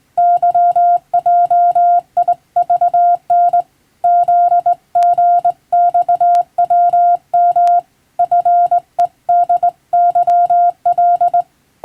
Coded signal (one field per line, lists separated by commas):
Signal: Morse code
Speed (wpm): 20 wpm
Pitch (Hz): 700 Hz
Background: none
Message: YJIVN ZGXWM FEDYL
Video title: 【無線通信士国家試験の電気通信術って何？】今では懐かしいモールス無線通信、昭和はラジオからよく聞こえました。船と陸との唯一の通信手段、大変重要な無線通信でした。 morse code practice